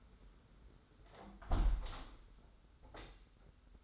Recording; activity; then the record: daily activity, microphone in the room; close window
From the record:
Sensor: 3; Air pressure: 991.2 hPa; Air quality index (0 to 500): 128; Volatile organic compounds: 154 ppm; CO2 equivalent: 4040 ppm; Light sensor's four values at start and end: 49/135/55/48 and 49/133/54/48